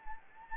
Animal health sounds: mosquito wingbeat signal from an infrared sensor; Anopheles gambiae

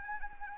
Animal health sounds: mosquito wingbeat signal from an infrared sensor; Anopheles arabiensis

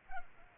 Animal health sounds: mosquito wingbeat signal from an infrared sensor; Culex pipiens

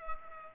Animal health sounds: mosquito wingbeat signal from an infrared sensor; Culex pipiens

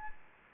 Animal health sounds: mosquito wingbeat signal from an infrared sensor; Anopheles gambiae

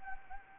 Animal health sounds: mosquito wingbeat signal from an infrared sensor; Anopheles arabiensis

